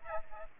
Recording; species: mosquito wingbeat signal from an infrared sensor; Aedes aegypti